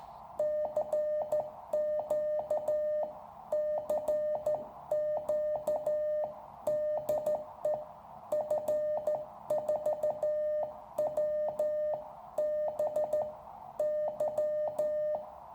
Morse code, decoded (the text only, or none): CQ CQ DE F4WBY